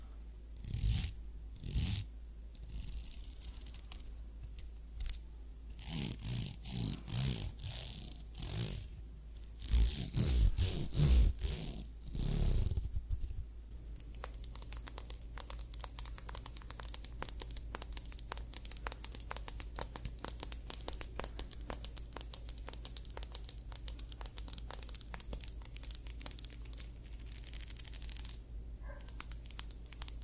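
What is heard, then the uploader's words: ASMR scalp massage: for the first thirteen seconds, loud scratchy, crinkling rubs come in bursts, heaviest around ten to twelve seconds with a few dull thumps. After that, a fast, steady stream of fine crackling ticks runs to the end over a low hum. ASMR Scalp Massage of Your Dreams.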